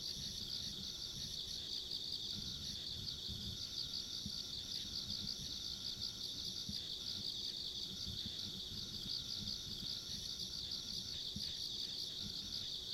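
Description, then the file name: Insects give a constant shrill, throbbing chorus with a faint higher buzz, some faint mid-pitched notes, and a low rumbling background. Ambient insect sounds along a rural country road. "田舎道の虫の環境音"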